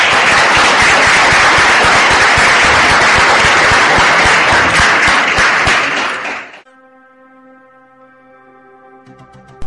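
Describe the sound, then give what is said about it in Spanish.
Loud, dense audience applause for the men fills the first six and a half seconds, then stops abruptly, giving way to a steady sustained tonal chord, like a musical sting or jingle. “Y un aplauso para los hombres.”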